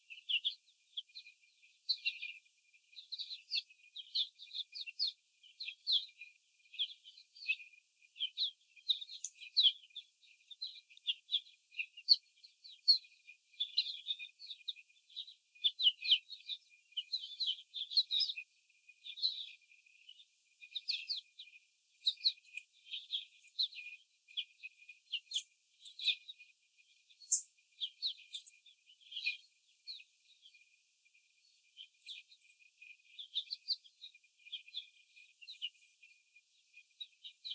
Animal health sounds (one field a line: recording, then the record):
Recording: young laying hens in a cage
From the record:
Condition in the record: after the stressor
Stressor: simulated dog barking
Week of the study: 4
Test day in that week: 3